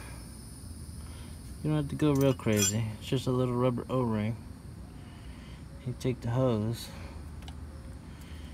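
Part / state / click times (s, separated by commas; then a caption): transmission cooler line into cooler line fitting on transmission / seated / 7.5 s. A metal transmission cooler line is pushed into a new quick-connect cooler line fitting on a GM Chevy automatic transmission, which has a little rubber O-ring. Someone talks, then a brief sharp click is heard at 7.5 seconds as the fitting's retaining tabs lock the line in. The line is seated and won't pull back out.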